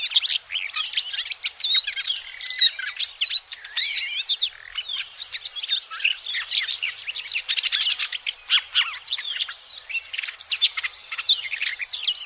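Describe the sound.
Red-backed shrike giving a fast, scratchy warble of high chirps, squeaks and clicks that runs without pause, with a brief thin tone near the end.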